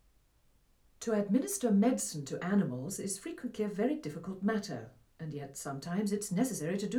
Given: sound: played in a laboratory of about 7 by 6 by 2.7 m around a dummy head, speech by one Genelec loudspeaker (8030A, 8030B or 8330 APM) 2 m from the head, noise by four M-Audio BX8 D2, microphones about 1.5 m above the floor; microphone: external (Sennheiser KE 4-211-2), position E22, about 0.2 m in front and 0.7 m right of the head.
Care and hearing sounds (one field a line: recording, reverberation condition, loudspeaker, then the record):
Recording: female speech in English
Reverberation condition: low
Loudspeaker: 30 degrees to the left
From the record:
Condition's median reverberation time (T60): about 310 ms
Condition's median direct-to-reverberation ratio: about 3.5 dB